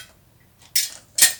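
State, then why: Not seated. A metal section of a TAMA Classic Lightweight hi-hat stand is handled and pushed down toward the stand's base during setup. Two bright metallic clinks ring out around 0.8 s and 1.2 s, each fading quickly. Nothing has seated or clicked into place yet.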